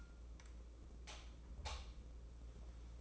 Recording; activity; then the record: daily activity, microphone in the room; light off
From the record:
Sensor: 1